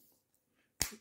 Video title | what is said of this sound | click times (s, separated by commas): Subaru Remote Start How to Change Battery | right here then you hear the snap it's back in place here now | 0.8 s